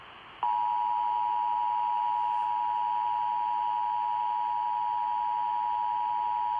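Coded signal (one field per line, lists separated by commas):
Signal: Emergency Alert System (SAME) tones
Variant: 853 and 960 Hz attention tone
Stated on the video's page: Required weekly tests received on NOAA Weather Radio.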